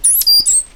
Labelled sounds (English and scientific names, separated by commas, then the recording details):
Stitchbird (Notiomystis cincta) song
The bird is a male
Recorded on Tiritiri Matangi Island, New Zealand, in 2005
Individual 8, of nest box 10